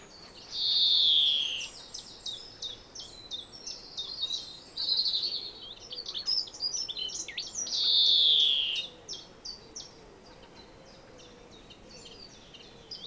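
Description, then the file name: European greenfinch with three drawn-out nasal wheezes, several seconds apart, separated by quick jumbled twittering and chirps. "Chloris chloris"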